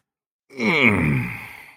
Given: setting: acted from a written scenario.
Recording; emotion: vocal sound without words; serenity